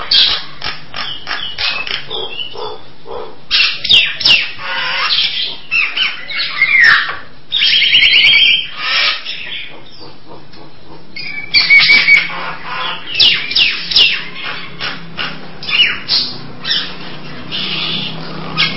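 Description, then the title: Nias hill myna giving loud, harsh, rasping calls in irregular bursts, some with a brief tonal edge, separated by short pauses over a steady background hiss. "Jalak Nias"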